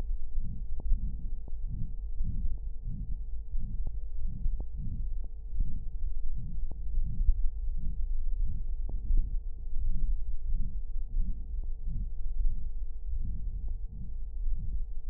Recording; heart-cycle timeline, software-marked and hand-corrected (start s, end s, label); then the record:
heart sounds
not marked
From the record:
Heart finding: aortic stenosis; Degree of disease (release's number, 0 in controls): 3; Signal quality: poor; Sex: female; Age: 79 years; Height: 1.55 m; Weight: 70 kg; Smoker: no